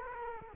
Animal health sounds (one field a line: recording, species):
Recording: mosquito wingbeat signal from an infrared sensor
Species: Culex quinquefasciatus